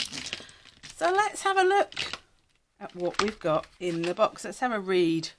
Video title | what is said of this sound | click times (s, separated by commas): Copic Acrea - What do I Think? Comparing #copicacrea #poscapens #arrtxacrylicmarkers | Let me just work out, that's that lid, and how you can hear that nice satisfying click. | 0.3 s